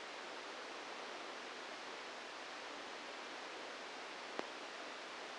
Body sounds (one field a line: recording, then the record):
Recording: brain microelectrode recording played as sound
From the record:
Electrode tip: inside the subthalamic nucleus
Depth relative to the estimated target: 1 mm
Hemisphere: left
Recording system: NeuroSet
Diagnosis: Parkinson's disease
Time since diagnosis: 27 years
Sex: male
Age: 62 years